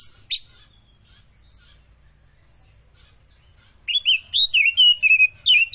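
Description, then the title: Oriental magpie-robin: a single sharp note, a few seconds of quiet, then a quick run of repeated clear whistles. Tretes variety, described as gacor (singing actively). "Kacer Tretes"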